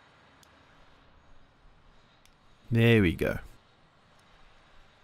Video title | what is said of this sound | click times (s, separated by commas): Video review: SOG Paratool *4K Ultra HD* | and it just locks into place. There | 0.4 s, 2.2 s